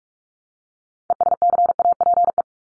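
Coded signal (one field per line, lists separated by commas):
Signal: Morse code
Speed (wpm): 44 wpm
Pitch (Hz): 700 Hz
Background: none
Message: ESCAPE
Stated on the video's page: Morse practice of common words at 45 wpm for head-copy, each word sent twice with spoken word between.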